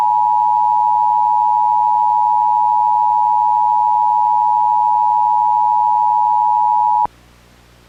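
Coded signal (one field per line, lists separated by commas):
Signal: Emergency Alert System (SAME) tones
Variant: 853 and 960 Hz attention tone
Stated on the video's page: Fictional mock alert made with cable-system alert screens without Adobe software.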